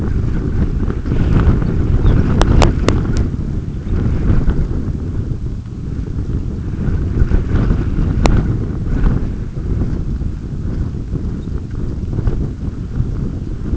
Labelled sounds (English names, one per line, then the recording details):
Lapland Longspur
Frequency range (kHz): Lapland Longspur 2.8-6.2 kHz
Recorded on Arctic tundra, site UTQI-5, on 26 June 2018
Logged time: 20:00